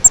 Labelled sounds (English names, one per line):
Grace's Warbler flight call